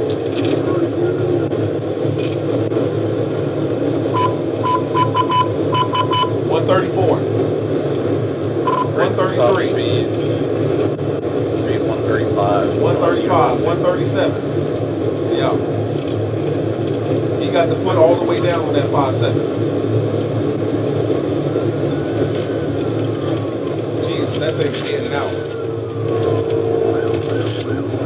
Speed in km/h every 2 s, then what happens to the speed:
208, 214, 216, 214, 214, 221, 221, 216, 216, 222, 214, 193, 151, 145.
0-19 speeds up to 222. 19-28 brakes to 145.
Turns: none.